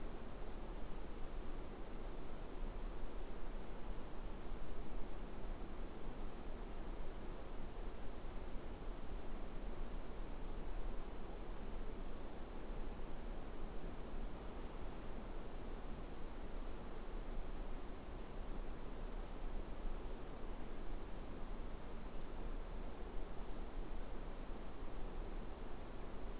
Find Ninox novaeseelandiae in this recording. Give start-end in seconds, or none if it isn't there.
none